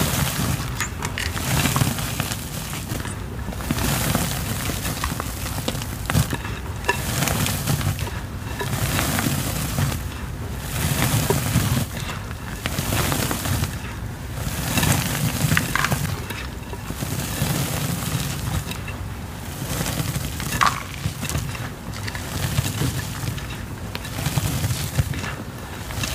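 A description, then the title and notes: Gym chalk is crushed in steady, repeated squeezes about every two seconds, each a dense, gritty crunch over a soft low rumble. Crushing gym chalk sounds, ASMR powder play, water sounds, pouring sounds.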